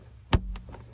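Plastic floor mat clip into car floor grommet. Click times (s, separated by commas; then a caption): 0.3 s. A plastic Dorman floor mat retaining clip is pushed the rest of the way down into a car floor grommet with two hands. A sharp click at 0.3 s marks the clip seating, followed by two fainter ticks around 0.6 s and 0.7 s. The clip is seated firmly in the grommet.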